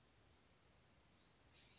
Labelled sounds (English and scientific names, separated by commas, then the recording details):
Blue-gray Gnatcatcher (Polioptila caerulea)
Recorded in Sonoma County, California